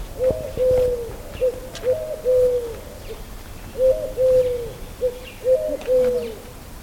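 Eurasian collared dove giving hollow three-syllable coos in several phrases, middle note stressed and drawn out, with a few faint high bird chirps behind.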